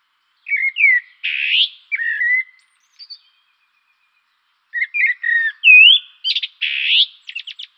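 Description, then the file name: Common blackbird singing two bursts of fluty, whistled phrases with twittery, scratchy ends, separated by a short pause, on an otherwise silent background. "turdus merula"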